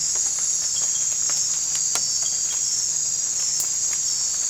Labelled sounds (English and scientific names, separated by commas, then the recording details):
none
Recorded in dense forest near Puerto Asís, Putumayo, Colombia, on 16 December 2024 at 03:00
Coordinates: 0.468, -76.322
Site G071